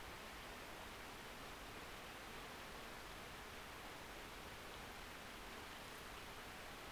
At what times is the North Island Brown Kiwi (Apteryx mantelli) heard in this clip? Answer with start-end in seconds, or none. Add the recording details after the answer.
none. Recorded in New Zealand on 12 February 2013. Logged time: 22:59. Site DH65